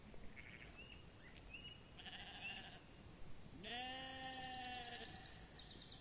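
Sheep bleating: a shorter higher bleat, then a long, deep, quavering bleat, with birds twittering and chirping throughout.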